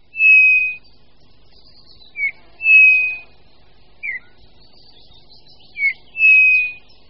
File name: Hýl-obecný